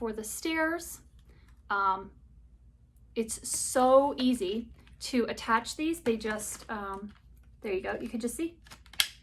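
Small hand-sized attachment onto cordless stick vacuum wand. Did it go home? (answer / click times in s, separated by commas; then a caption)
yes / 9.0 s. A small, hand-sized plastic attachment tool is pushed onto the end of a cordless stick vacuum wand while someone talks. A couple of faint ticks lead into a sharp click at 9.0 seconds as the attachment clicks on and seats.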